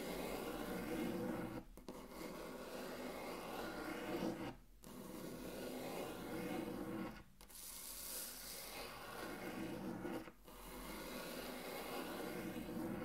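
Intense tracing across a table, a dense steady rasping rub broken by brief pauses near 2, 4.5, 7 and 10 seconds.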